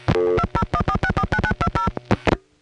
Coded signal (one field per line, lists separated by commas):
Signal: DTMF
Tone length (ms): 60 ms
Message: 2014649920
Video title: Vintage Telephone Network Sounds part 2, 1976-1981